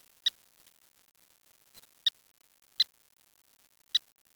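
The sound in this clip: Bird call: four short, sharp, high chips at irregular intervals against near silence.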